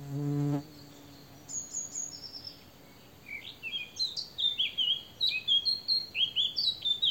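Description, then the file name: Eurasian blackcap: a short low droning hum opens, then a Eurasian blackcap delivers a lively, tumbling warble of rapid chirpy notes that grows louder toward the end. "Sylvia atricapilla"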